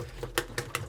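A plastic track section is pushed into its mating part on a Transformers RPM Devastator toy race-track playset base. A loud, sharp plastic snap at 0.4 s locks it into place, followed by two softer clicks at about 0.6 s and 0.8 s. The track piece is seated.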